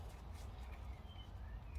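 On an Audi Q7 during front brake pad replacement, a brake pad wear sensor clip is being handled and pushed toward its retainer under a small cover on the front brake caliper. Only steady low-frequency background noise and faint high chirps are heard. Nothing has seated or clicked yet.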